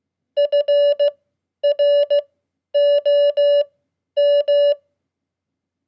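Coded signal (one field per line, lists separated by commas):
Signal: Morse code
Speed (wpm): 16 wpm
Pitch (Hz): 580 Hz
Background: none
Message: FROM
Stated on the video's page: Morse code practice at 15 wpm: 100 common QSO words, Q-codes and abbreviations for beginners.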